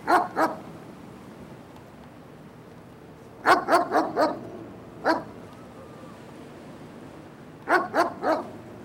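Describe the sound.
Dog barking in short bursts: two barks, then a quick run of four, a single bark, and a closing group of three, over a low steady background hiss.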